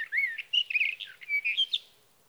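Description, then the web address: Sage thrasher song, a quick run of jumbled whistled and warbling notes, slurred up and down, lasting about two seconds. "birdsongforthecurious songs Sage Thrasher"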